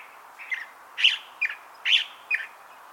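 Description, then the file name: California thrasher song: five scratchy phrases spaced about half a second apart. "Toxostoma redivivum - California Thrasher"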